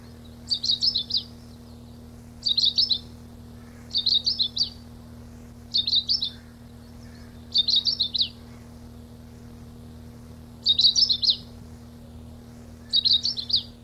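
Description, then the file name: Long-tailed rosefinch repeating brief buzzy, jumbled high phrases, seven in fourteen seconds at uneven gaps, with faint background hum. 26 April 1992. "26 04 92 Uragus"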